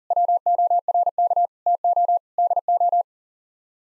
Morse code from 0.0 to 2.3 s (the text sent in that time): WORK TO